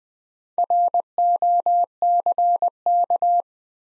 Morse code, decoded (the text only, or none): ROCK